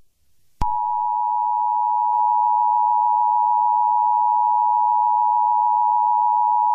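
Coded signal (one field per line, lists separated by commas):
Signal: Emergency Alert System (SAME) tones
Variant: 853 and 960 Hz attention tone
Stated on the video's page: Simulated EAS scenario for a fictional tornado in central Indiana.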